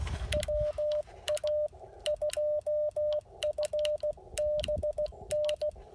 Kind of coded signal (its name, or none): Morse code